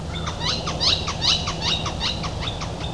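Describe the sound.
Northern flicker giving a rapid series of short, sharp notes over a steady low background hum.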